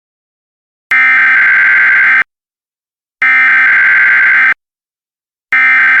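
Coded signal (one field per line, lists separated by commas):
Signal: Emergency Alert System (SAME) tones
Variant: header bursts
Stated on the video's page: Mock EAS scenario, a fictional simulated alert.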